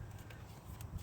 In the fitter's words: Got a good click out of that one.